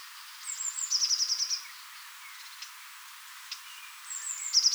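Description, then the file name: Eurasian blue tit: thin high descending notes leading into a fast buzzy trill, given twice, with faint scattered chirps between. "Cyanistes caeruleus"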